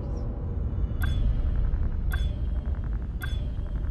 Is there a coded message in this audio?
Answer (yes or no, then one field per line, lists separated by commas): no